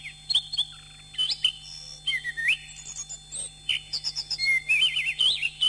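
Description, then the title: Oriental magpie-robin song, lively mix of whistles, chips and a warbled wavering note near the end, over a faint low hum. "Kicau Kacer"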